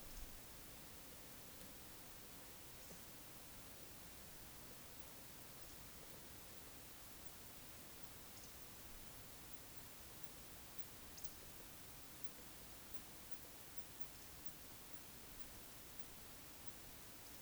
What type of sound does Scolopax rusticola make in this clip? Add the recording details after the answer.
whistle. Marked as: whistle, whistle, whistle, whistle, whistle, whistle, whistle. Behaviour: display flight. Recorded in Baden-Württemberg, Germany, on 11 June 2021 at 20:25 UTC. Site 24608, 624 m above sea level